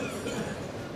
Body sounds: coughing mixed with background sound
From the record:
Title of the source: Spring Cold Coughing.

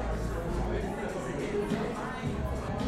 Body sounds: background sound without coughing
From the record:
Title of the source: 60 minutes of coffee shop sounds for study and concentration

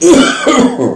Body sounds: coughing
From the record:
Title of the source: Residual Phlegmy Morning Coughing and Gagging

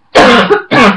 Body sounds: coughing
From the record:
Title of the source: Barking cough - # 10

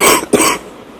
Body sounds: coughing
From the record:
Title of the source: 31 night wet cough

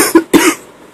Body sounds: coughing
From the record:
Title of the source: 34 coughing up crap again

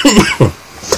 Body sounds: coughing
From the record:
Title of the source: Dry Afternoon Cough

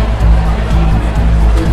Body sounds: background sound without coughing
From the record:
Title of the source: Party Noise 1 Hour Party Ambience

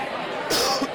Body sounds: coughing mixed with background sound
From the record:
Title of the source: Coughing 60

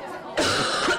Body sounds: coughing mixed with background sound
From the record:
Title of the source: female coughing - coughing sound effects girl

